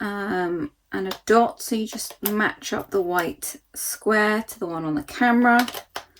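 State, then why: Seated. Someone talks while an interchangeable lens is lined up with the white square mark on an SLR camera body and twisted onto its bayonet mount. A short, sharp click at 6.0 s marks the lens locking into the mount, seated and secure.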